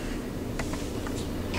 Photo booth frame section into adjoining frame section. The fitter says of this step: very simply they snap right in together just like that